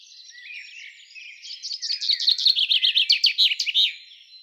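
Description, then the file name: Common chaffinch song: a quiet, scratchy opening builds into a loud run of repeated descending notes, then ends in a brisk flourish. "Fringilla coelebs"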